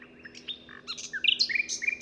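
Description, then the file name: Common nightingale phrase: quick chirps leading into loud, rapid whistled sweeps. "Luscinia megarhynchos"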